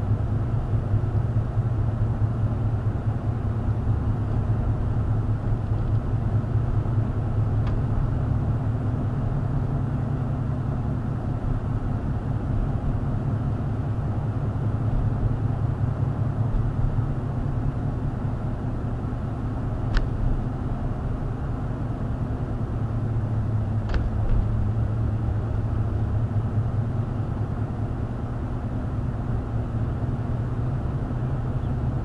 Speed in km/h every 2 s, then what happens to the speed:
40, 42, 42, 44, 47, 45, 45, 45, 44, 44, 44, 40, 39, 42, 42, 44.
0-32 steady at about 44.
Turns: none.